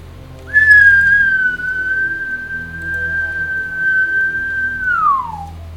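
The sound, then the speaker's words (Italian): A single long, steady whistle holds one high note for about four seconds, then slides downward as it fades, over a low background rumble. “Il suono di un fischio. Uno lungo. Uno corto. Uno lungo.”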